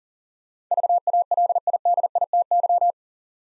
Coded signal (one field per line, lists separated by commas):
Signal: Morse code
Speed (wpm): 44 wpm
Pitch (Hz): 700 Hz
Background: none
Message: VALIDITY